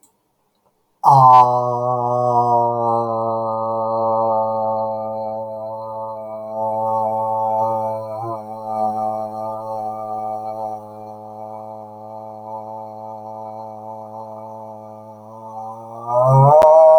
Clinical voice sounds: vowel held as long as possible; male; 50 to 59 years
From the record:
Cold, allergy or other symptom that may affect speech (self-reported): no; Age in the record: 52 years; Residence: California, United States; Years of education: 19

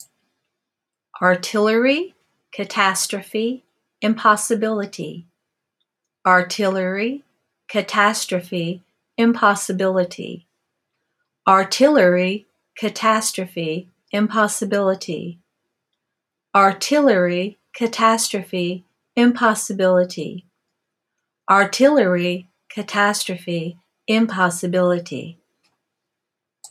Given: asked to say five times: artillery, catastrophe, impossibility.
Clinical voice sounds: three words, each repeated; female; 60 to 69 years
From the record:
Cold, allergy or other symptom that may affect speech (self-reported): no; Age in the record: 63 years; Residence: North Carolina, United States

